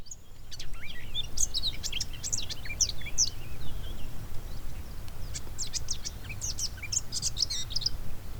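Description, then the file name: Eurasian blackcap song, rapid high twittering and warbled phrases in bursts, with steady low rumbling noise underneath throughout. "Sylvia atricapilla"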